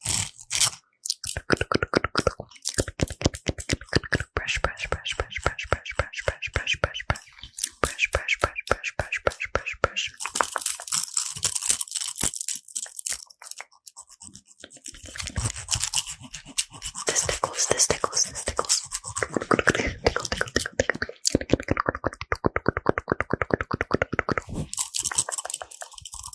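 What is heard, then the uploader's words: Fast, aggressive ASMR mouth sounds: a rapid stream of crisp clicks and crunchy, chewing-like bursts packed tightly together. The pace stays relentless throughout, with a denser, hissier stretch around ten to thirteen seconds and another wash of wet, crackling texture near the end. FAST AND AGGRESSIVE ASMR(with Mouth Sounds).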